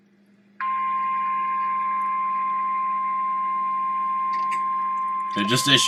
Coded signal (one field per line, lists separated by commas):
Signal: Emergency Alert System (SAME) tones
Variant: 1050 Hz attention tone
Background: speech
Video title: EAS Severe Thunderstorm Warning during livestream